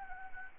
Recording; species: mosquito wingbeat signal from an infrared sensor; Anopheles gambiae